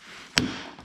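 A plastic headlamp component is pushed into a Porsche Boxster headlight housing and snaps home with a sharp, solid click at 0.4 s. A short ringing tail follows the click and fades over a quiet background, and the part is seated.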